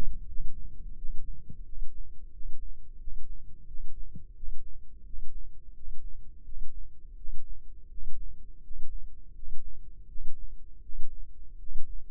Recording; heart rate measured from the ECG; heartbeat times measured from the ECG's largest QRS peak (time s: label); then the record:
heart sounds by microphone in the left ear; 85 bpm
0.27 s: heartbeat
0.96 s: heartbeat
1.64 s: heartbeat
2.31 s: heartbeat
2.98 s: heartbeat
3.66 s: heartbeat
4.34 s: heartbeat
5.04 s: heartbeat
5.73 s: heartbeat
6.43 s: heartbeat
7.15 s: heartbeat
7.89 s: heartbeat
8.61 s: heartbeat
9.33 s: heartbeat
10.06 s: heartbeat
10.81 s: heartbeat
11.57 s: heartbeat
From the record:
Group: healthy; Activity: cold pressor test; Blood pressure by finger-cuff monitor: 116/65 mmHg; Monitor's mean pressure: 77 mmHg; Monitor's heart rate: 88 bpm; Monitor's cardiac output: 7.2 L/min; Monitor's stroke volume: 83 mL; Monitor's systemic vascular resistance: 720 dyn s/cm5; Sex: male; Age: 35 years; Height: 180 cm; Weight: 86.9 kg